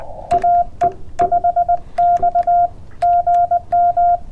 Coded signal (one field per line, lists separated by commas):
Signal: Morse code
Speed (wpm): 19 wpm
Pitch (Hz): 1400 Hz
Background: none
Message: AE5X GM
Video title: CW POTA Activation w FT-891